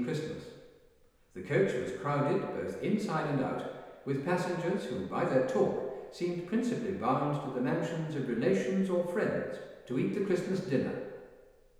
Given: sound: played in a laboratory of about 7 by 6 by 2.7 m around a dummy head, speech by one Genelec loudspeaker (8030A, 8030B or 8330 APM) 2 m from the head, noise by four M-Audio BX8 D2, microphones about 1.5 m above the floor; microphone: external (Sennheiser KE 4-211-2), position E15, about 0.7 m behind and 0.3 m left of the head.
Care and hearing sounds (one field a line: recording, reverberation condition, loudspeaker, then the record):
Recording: male speech in English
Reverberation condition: high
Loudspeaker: 90 degrees to the left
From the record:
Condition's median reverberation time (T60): about 1300 ms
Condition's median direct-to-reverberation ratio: about -4.0 dB